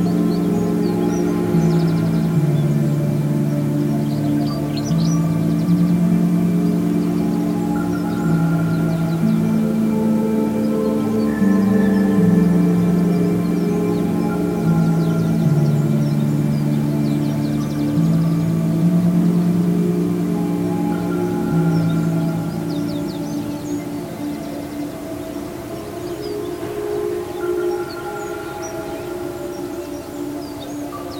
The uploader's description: Field recordings made before sunrise on a morning in early summer inside Bant’s Carn, a Bronze Age burial chamber on the island of St Mary’s in the Isles of Scilly